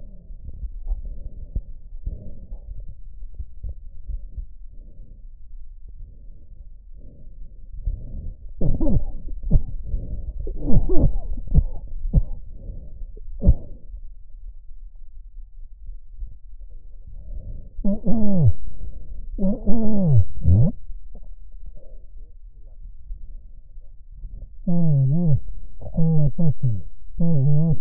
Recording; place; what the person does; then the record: lung sounds by stethoscope; right posterior apical chest; quiet breathing, then cough and speech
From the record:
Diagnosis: COPD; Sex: male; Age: 75 years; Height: 182 cm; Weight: 98 kg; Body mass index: 29.6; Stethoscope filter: extended mode